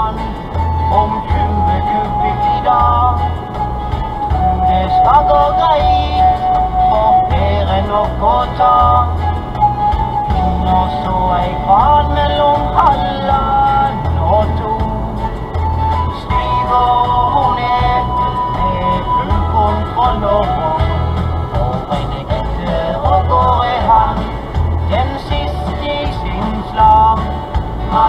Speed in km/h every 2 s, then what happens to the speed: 76, 78, 78, 79, 79, 79, 79, 78, 77, 77, 77, 77, 78, 77.
0-28 steady at about 78.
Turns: none.